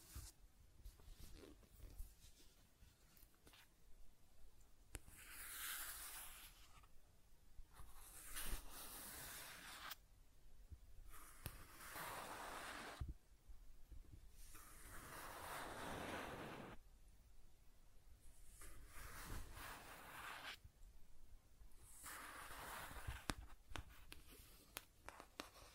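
Scratching and tracing: rough, hissy strokes of one to three seconds each, separated by short quiet gaps. The strokes come at an irregular pace through the whole stretch, some brighter and grittier than others, with small taps and clicks scattered between them.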